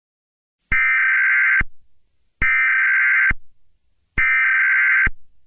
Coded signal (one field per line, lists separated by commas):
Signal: Emergency Alert System (SAME) tones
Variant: header bursts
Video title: EAS scenario my little pony